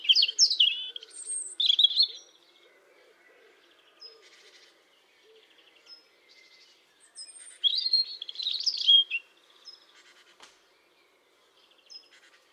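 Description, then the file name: European robin song, two bursts of high, varied warbling and trilling notes separated by a pause of several seconds, with soft ticking sounds between them. "Erithacus rubecula"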